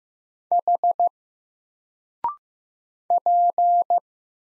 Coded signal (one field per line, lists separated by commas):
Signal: Morse code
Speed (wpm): 15 wpm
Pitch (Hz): 700 Hz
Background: none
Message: H P